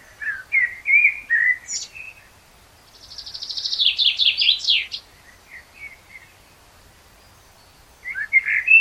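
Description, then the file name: Blackbird song with mellow whistled notes followed by a rapid, high, scratchy twitter; after a quiet gap a new fluty phrase starts. "Turdus merula"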